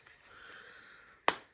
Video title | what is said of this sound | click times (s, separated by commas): Kizer's Next Level Folder! | Damn, you hear that click? | 1.3 s